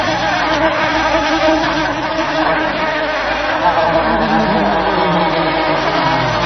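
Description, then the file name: Steady bee buzz, a rich humming drone of stacked tones. Recorded 18 July 2004. "18 07 04 bee"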